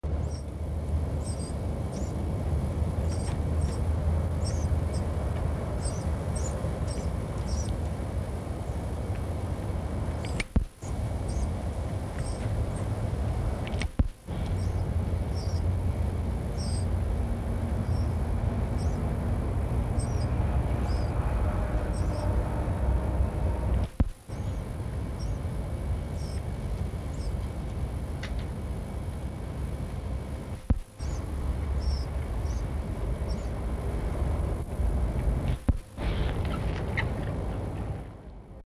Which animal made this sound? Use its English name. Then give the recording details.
Dhole. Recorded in captivity. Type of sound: whimpering. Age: adult. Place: Tierpark Berlin, Berlin, DE. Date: 1963-02-23 19:45. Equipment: Minifon, Kopie Smaragd. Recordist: Tembrock, Günter. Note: Rhythmisches Winseln. Abstand 12 m